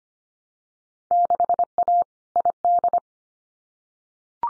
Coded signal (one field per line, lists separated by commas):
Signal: Morse code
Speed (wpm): 25 wpm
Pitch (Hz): 700 Hz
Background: none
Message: 6A ID